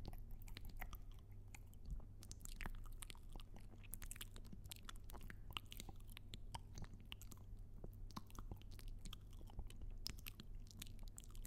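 Mouth sounds of steady chewing and biting, with frequent sharp crunchy clicks over a constant low hum.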